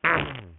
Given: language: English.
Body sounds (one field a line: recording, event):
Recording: throat vibration sensor signal played as sound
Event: throat clearing